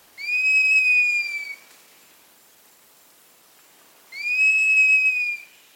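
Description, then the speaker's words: Cinereous Mourner giving a long clear whistle, slightly falling and lasting over a second, repeated after a pause of about two and a half seconds, in an otherwise quiet setting. Small ashy-gray bird of the forest understory of the Amazon Basin. "The Cinereus mourner is a small ashy gray bird that lives in the forest understory of the Amazon basin, and it's taking mimicry to the next level."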